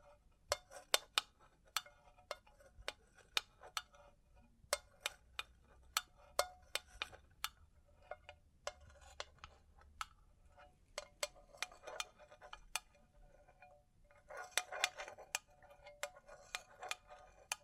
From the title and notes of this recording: ASMR Sleep Inducing Bling Bling Triggers (No Talking).